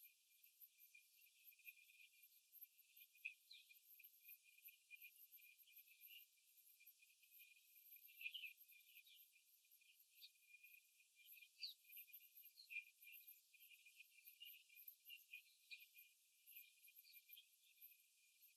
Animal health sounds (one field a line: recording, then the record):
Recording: young laying hens in a cage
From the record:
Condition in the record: after the stressor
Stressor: simulated dog barking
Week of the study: 3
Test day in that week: 2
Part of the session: 1